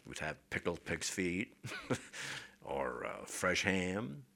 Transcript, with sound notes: We'd have pickled pigs feet. ( he laughs ) Or fresh ham,